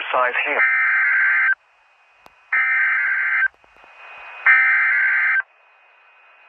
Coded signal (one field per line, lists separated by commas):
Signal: Emergency Alert System (SAME) tones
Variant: header bursts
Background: speech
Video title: Special Marine Warning for New York Harbor EAS#65 NOAA Weather Radio Station KWO35